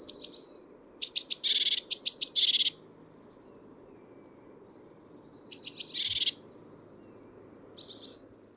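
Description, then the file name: Great tit giving a fast run of sharp high notes into a harsh churring rattle, repeated after a pause, with brief thin notes between and a low background hum. "Parus major"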